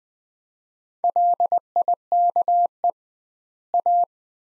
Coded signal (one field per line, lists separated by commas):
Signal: Morse code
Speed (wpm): 20 wpm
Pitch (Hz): 700 Hz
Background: none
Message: LIKE A